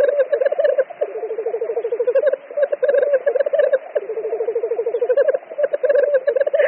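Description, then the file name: Black grouse rookooing: rolling bubbling phrases of quick, low cooing pulses, with brief dips between. "Tetřívek-obecný"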